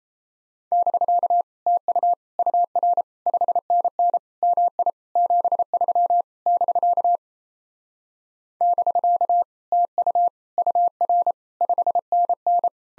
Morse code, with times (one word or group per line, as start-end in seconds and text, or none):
0.7-1.4 <BK>
1.7-2.1 TU
2.4-3.0 UR
3.3-4.2 5NN
4.4-4.9 MI
5.2-6.2 73
6.5-7.2 <BK>
8.6-9.4 <BK>
9.7-10.3 TU
10.6-11.3 UR
11.6-12.7 5NN